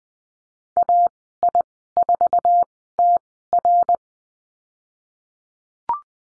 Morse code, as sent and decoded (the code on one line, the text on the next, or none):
.- .. ....- - .-.
AI4TR